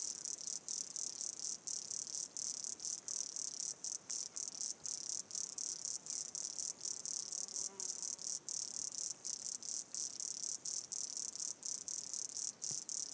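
Dense, shrill insect chorus in a Brazilian park, a bright continuous buzz with rapid brief gaps, faint lower chirps and calls behind.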